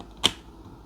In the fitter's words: Oh, it magnetically snaps back in.